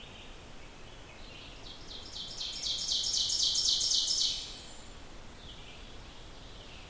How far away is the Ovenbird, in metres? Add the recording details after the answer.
about 25 m. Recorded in boreal forest in Alberta, Canada, on 14 June 2016 at 05:43. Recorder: SongMeter 3, array SBT-3-33. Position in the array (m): 119 m, 25 m. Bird 21